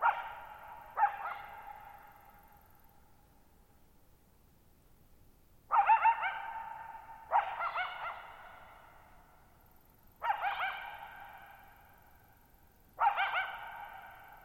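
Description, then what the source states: Coyote calling in bursts of harsh barks and yips, irregular groups over fourteen seconds with quiet gaps, every call echoing away slowly. Lone coyote calling for nearly 50 minutes at night, July 14, 2019, Thirtymile Meadows, Okanogan National Forest, Okanogan High Country, Pacific Northwest, 6400 ft (1950 m); shallow bowl-shaped meadow on high, dry plateau.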